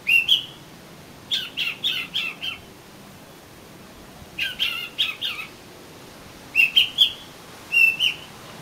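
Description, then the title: Oriental magpie-robin gives bright whistled notes with harsh attacks, grouped in short phrases of a few notes with pauses between. "Kacer Kacer"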